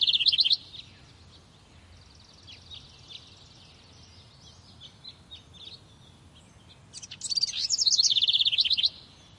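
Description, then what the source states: Bird trilling: a brief high trill at the start, faint scattered chirps through the middle, then a louder fast buzzy trill lasting about two seconds. Morning, in a park.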